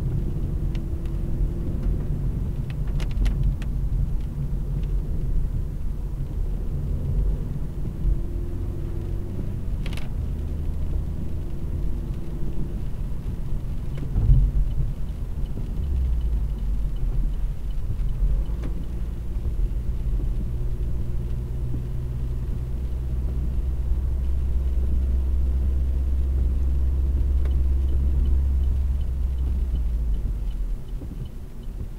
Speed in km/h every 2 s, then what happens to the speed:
49, 50, 45, 49, 60, 64, 66, 66, 55, 56, 60, 62, 63, 65, 61, 43.
0-5 steady at about 49. 5-11 speeds up to 66. 14-16 brakes to 55. 16-27 speeds up to 65. 27-32 brakes to 43.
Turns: 2-7.